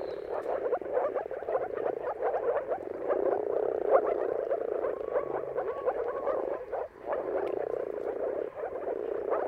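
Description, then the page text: Continuous chorus of moor frogs, soft low bubbling calls overlapping steadily, with two brief dips in the sound near the end. Moor frogs giving mating calls in a dawn chorus at sunrise, at the turn of March and April depending on the weather; recorded by Jakub Orzecki. "Jakub-Orzecki moor frogs. Dawn’s Chorus: Mating Calls of Marsh Frogs at Sunrise. Depending on the weather at the turn of March and April, you can witness an amazing spectacle of moor frogs"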